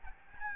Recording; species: mosquito wingbeat signal from an infrared sensor; Aedes albopictus